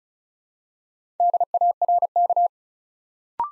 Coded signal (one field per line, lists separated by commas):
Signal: Morse code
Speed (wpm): 35 wpm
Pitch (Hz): 700 Hz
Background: none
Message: DARK